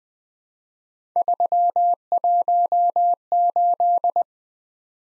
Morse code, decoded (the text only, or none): 318